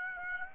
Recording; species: mosquito wingbeat signal from an infrared sensor; Aedes aegypti